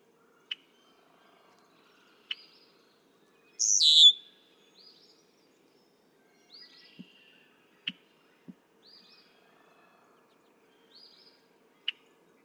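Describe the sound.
Red-winged blackbird, one short harsh burst early on, with scattered sharp clicks and soft high notes in a quiet background.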